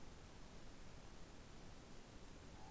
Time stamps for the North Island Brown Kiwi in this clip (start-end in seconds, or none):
none